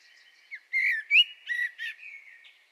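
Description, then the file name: Common blackbird singing a brief run of rich, fluty whistled notes, tailing off more softly. "Turdus merula"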